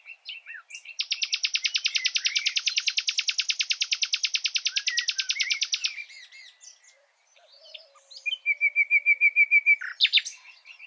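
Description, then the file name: Common nightingale delivering a long, steady, rapid buzzy trill of repeated pulses lasting about five seconds, a brief pause, then a lower repeated note series. "Luscinia megarhynchos"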